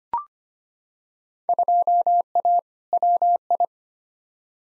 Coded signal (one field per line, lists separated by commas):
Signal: Morse code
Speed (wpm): 25 wpm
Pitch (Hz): 700 Hz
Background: none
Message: 2A WI